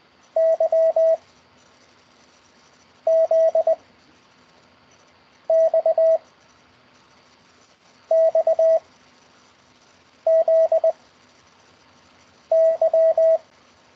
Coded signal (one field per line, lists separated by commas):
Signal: Morse code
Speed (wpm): 20 wpm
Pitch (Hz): 650 Hz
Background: radio noise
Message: Y Z X X Z Y